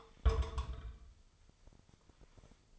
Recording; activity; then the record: daily activity, microphone in the room; place on stove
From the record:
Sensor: 5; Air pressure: 995.5 hPa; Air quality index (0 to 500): 97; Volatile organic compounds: 6 ppm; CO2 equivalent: 1842 ppm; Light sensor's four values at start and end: 34/82/34/35 and 35/83/34/35